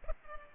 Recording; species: mosquito wingbeat signal from an infrared sensor; Culex pipiens